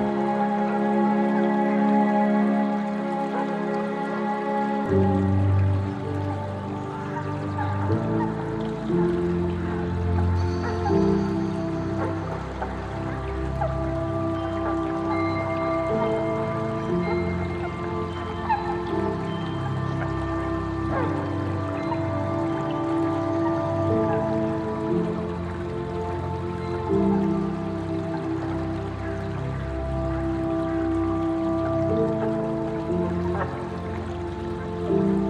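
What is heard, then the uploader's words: Gentle, steady melodic tones layered over soft low chords, with a faint trickling-water texture underneath; a deeper bass layer enters around five seconds. Achieve inner balance in your relaxation session with sounds of trickling water and gentle tunes.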